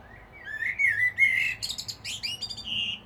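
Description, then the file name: Common blackbird singing a mellow, whistled warble that slides up and down, ending in a string of high, scratchy twitters, with a faint low hum underneath. "Turdus merula"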